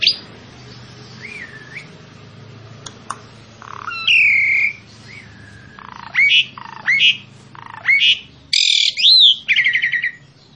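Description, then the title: Asian pied starling song opening with sparse whistles over a steady low hum, then quickening into louder squeaky and buzzy notes toward the end. Master recording for training captive birds. "Masteran Ampuh Jalak Suren"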